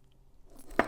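A 6.5 mm bullet connector is pushed into an ESC/motor terminal during a Traxxas Sledge HobbyWing MAX8 upgrade. Quiet handling and rustling build up to a sharp snap at 0.8 s. The connector seats, and it is confirmed in and tight.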